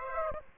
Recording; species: mosquito wingbeat signal from an infrared sensor; Aedes aegypti